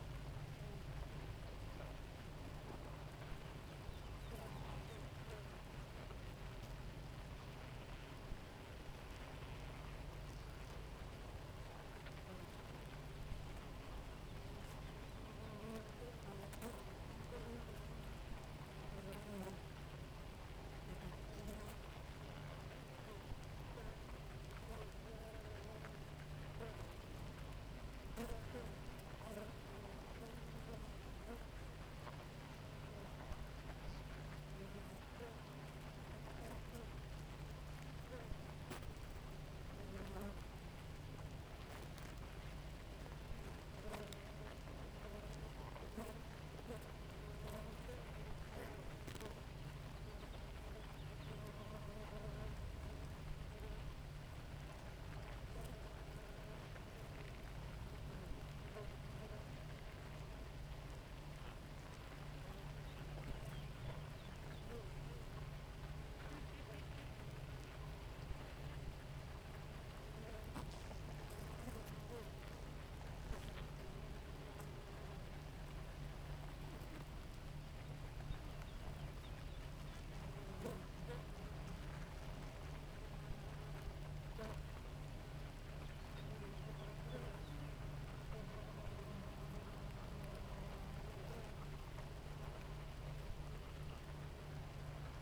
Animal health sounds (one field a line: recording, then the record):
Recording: honeybee colony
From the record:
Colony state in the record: active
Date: 28 July 2017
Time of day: 4:10